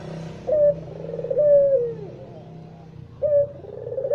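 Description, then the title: Barbary dove cooing: smooth, tonal coos, the second drawn out and slightly falling, then another begins near the end, over a steady low hum. White Barbary dove (puter putih) recording used as masteran training audio for songbirds. "Kicau Mania Masteran Burung Puter Putih"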